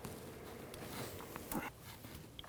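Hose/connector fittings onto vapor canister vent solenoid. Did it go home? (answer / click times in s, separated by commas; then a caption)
no / none. Hose and connector fittings are handled onto the vapor canister vent solenoid of a 2006–2010 Hummer H3, as its final plastic connections are readied to be pushed home. Low handling noise runs throughout, with short sharp sounds at about 1.4 s and 1.5 s and a brief louder rustle around 1.5–1.7 s. Nothing has seated or clicked into place yet.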